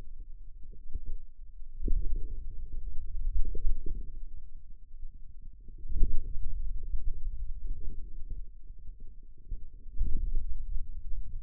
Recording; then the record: forearm muscle sounds (acoustic myography)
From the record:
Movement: pen grasping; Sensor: system 2, bracelet of six BSWA MPA416 microphones around the upper forearm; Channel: 5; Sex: male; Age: 22 years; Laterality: right